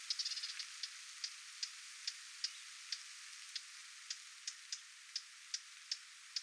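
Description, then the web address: Lesser whitethroat giving a quick rattling burst of hard ticks, then single dry tick notes repeated steadily about every 0.4 seconds. Adult giving attention calls near its fledglings, 20 July 2026. "paivat 20 7 2026 kuvien hernekerttulintuemon huomioaantelya lentopoikastensa lahella"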